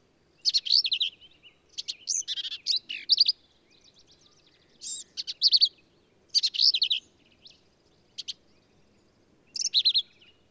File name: Black-capped Vireo